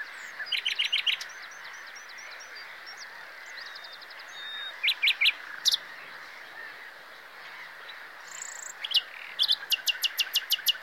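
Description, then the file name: Common nightingale singing varied phrases: short chattering notes, a thin whistle, a high buzzy note and a fast run of repeated clicks near the end. "Luscinia megarhynchos"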